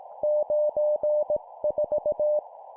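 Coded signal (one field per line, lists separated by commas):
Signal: Morse code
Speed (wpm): 18 wpm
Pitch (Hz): 600 Hz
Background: none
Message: 94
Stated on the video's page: Morse code practice at 17 WPM, two-number words.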